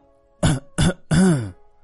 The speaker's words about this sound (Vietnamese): Lý Kỳ vừa mới dứt lời chợt nghe thấy tiếng ho khan liên tục bên cạnh, ngẩng đầu nhìn sang chỉ thấy khuôn mặt của Ngô Phúc Vinh đã đỏ bừng, đôi môi run rẩy.